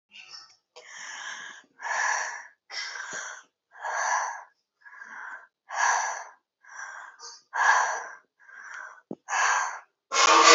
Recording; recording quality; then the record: shallow breathing; moderate, slight background noise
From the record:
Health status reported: healthy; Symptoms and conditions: none ticked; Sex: female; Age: 25 years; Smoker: not ticked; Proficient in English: yes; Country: India